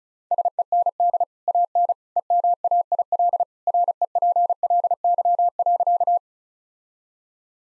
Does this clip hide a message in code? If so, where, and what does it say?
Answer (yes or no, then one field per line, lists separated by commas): yes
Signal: Morse code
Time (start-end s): 0.3-6.2 s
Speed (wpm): 34 wpm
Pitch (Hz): 700 Hz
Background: none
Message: SEND AN EMAIL REPLY.